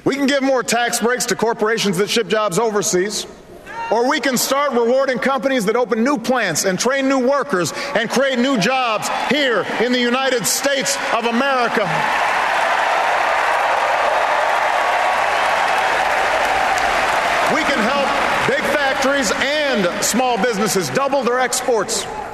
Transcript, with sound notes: We can give more tax breaks to corporations that ship jobs overseas, or we can start rewarding companies that open new plants and train new workers and create new jobs here in the United States of America. (CHEERS AND APPLAUSE) We can help big factories and small businesses double their exports.